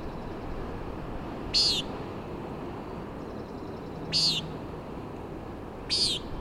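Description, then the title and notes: Common nighthawk giving three short, buzzy, nasal peents a few seconds apart over a steady roar of wind and surf. "Common Nighthawk "peenting" and "wing booms" 3:58am on top of Schoodic Head (Schoodic Div., Acadia National Park)"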